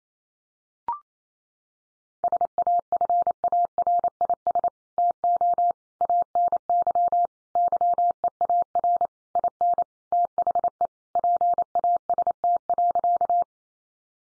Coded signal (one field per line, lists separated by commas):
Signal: Morse code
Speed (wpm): 28 wpm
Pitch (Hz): 700 Hz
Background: none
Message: SAFARIS TO ANY YEAR IN THE PAST.